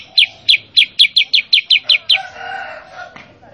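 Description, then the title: Sooty-headed bulbul giving a rapid series of sharp, high chirped notes, followed by a softer, jumbled sound. Kutilang sutra master (training) audio of a 'super gacor' vigorously singing bird, played so kept kutilang sutra answer and copy it. "Masteran Kutilang Sutra. Kutilang Sutra mana YANG GAK NYAUT dan IKUT BUNYI GACOR dengan suara Kutilang Sutra Super GACOR Ini"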